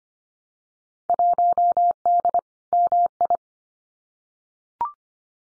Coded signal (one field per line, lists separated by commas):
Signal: Morse code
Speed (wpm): 25 wpm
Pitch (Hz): 700 Hz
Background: none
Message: 1D MI